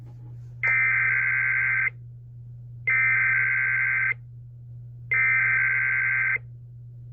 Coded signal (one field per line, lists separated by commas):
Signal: Emergency Alert System (SAME) tones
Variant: header bursts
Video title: EAS 1155-1157: Weekly Tests from 10/28/2020